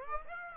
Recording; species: mosquito wingbeat signal from an infrared sensor; Aedes aegypti